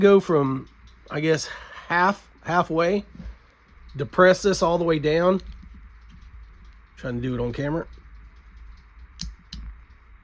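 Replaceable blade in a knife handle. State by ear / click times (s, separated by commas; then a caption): released / 9.2 s, 9.5 s. Someone talks while pressing the release on a replaceable-blade knife to free the blade from its holder. Two sharp metallic clicks are heard at 9.2 and 9.5 seconds, and the blade clicks free of the knife handle.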